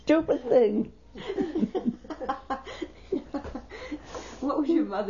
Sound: they laugh

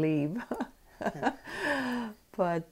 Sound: laughs

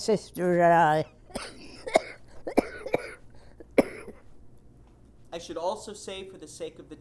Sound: coughs

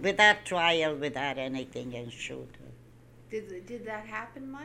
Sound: none

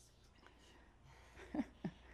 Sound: chuckles

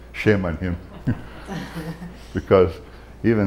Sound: laughs

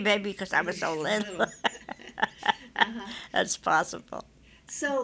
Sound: she laughs

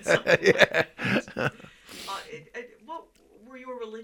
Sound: he laughs

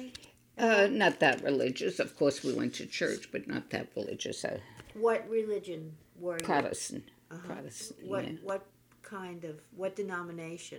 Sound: none

